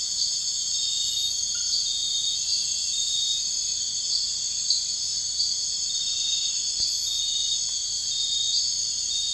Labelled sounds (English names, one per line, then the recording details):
none
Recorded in dense forest near Puerto Asís, Putumayo, Colombia, on 21 March 2025 at 02:00
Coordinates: 0.484, -76.317
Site G064